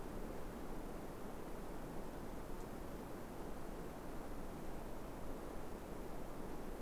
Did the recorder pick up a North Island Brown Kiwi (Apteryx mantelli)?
no